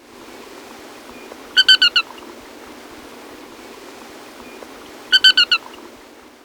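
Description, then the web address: Paramo tapaculo giving two brief clusters of four sharp, ringing notes about three and a half seconds apart, with faint background hiss. In Ecuador. "Birds of Ecuador 2. Paramo Tapaculo"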